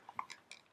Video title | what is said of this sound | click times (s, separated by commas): TKIV-85: Finland's Ultimate Mosin Nagant Sniper Rifle | Slides up and locks in place. | 0.2 s